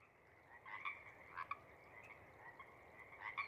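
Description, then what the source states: Pacific Chorus Frog calls, a few sparse croaks spaced irregularly over a steady background hum of frogs. First frogs of a pod calling tentatively around sunset after emerging from overnight burrows; cree-eek and ribbit calls; night of April 21-22, 2019, Sinlahekin Valley.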